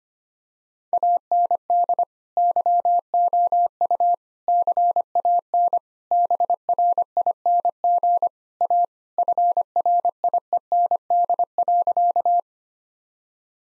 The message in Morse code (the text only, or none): AND YOU CAN BRING A FRIEND.